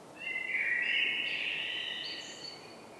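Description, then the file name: Common blackbird giving one long whistled phrase with small pitch steps, rising slightly toward its tail before fading. "Turdus merula"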